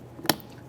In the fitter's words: press it in you'll hear it in feel it snap into place